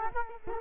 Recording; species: mosquito wingbeat signal from an infrared sensor; Culex quinquefasciatus